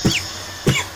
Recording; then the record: coughing mixed with background sound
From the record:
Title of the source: Dry Coughing Fit in the Afternoon.